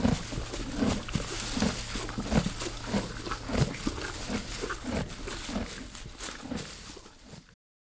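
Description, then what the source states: Canadian horse eating hay, irregular crunchy chewing and rustling, ending abruptly. Eating hay, recorded near the horse.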